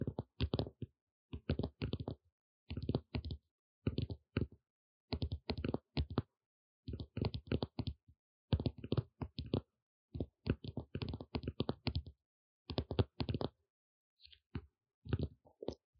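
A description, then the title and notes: Rapid tapping comes in short bursts of quick clicks about every second, separated by brief silences, with crisp, sharp tops and a light thud. Tapping.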